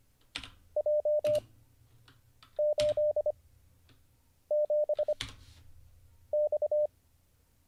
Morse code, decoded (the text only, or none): J 8 7 X